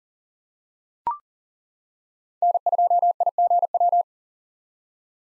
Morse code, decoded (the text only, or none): N2IGW